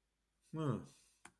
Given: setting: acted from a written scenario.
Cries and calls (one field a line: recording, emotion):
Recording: vocal sound without words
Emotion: confusion